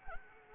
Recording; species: mosquito wingbeat signal from an infrared sensor; Anopheles arabiensis